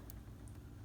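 A marked wire connector is pushed into its socket on the board inside a BenQ W700 projector during a chip replacement, and it snaps into place with a sharp click at 0.1 s. A fainter high tick follows at about 0.5 s over a steady low hum. The connector is seated.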